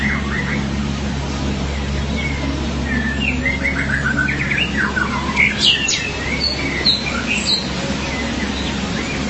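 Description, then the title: Magpie-robin or shama song: varied whistled and chattering phrases over a steady low hum. "BM Suara Burung Murai"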